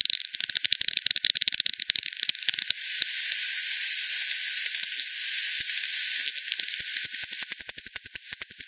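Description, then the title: Bat echolocation calls heard as rapid dry clicking trains, dense and overlapping early, then slowing into evenly spaced louder ticks near the end. Multiple bats at the Hogsmill River, Hogsmill Lane, 7 October 2020 at 18:10; recorded with frequency division (FD10), band-pass filtered and resampled. "WW bat 20201007 T 18 : 10 Z-Hogsmill-Lane-Hogsmill-River-multiple-bats"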